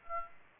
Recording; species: mosquito wingbeat signal from an infrared sensor; Aedes aegypti